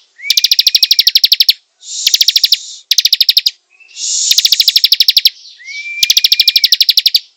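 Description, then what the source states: Prinia: loud, rhythmic strings of sharp repeated notes in second-long bursts, some phrases over a level whistle. Singing vigorously, described by the local term gacor.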